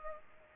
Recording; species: mosquito wingbeat signal from an infrared sensor; Culex pipiens